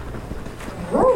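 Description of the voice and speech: An adult woman imitates how a colleague's speech sounded to her during a stroke, when she could no longer understand language. It is a brief, voiced, bark-like "hu" that sounds like a golden retriever barking.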